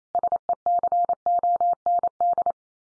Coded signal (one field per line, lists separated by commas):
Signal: Morse code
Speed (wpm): 28 wpm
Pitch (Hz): 700 Hz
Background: none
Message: SECOND